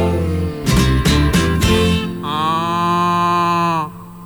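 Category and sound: animal, cow mooing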